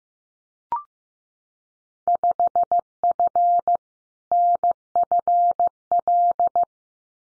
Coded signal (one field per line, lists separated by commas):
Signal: Morse code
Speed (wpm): 15 wpm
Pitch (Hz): 700 Hz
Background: none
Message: 5F NFL